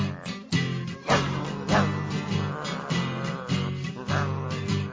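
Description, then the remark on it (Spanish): A chorus of troops barks like animals in a steady rhythm after the order to bark. About eight loud bursts come in quick succession over a continuous droning background. “Aquí ladran hasta los lagartos.”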